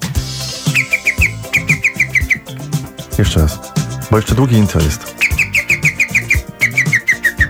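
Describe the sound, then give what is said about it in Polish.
Someone whistles an imitation of a green woodpecker's call during a Polish radio broadcast: two runs of quick, evenly spaced high notes, separated by a stretch of talking over background music. “Dzięcioł Zielony.”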